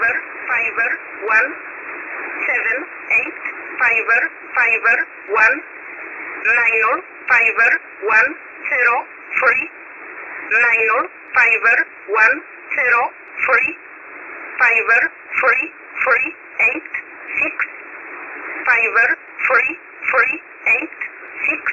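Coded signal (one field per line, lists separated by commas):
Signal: numbers station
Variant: E11 (Oblique)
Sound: a voice reads digits in English, one word every half second or so, in groups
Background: shortwave radio hiss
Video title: 13378kHz USB Polish Number Station E11 calling 130 (Jul 20, 2026)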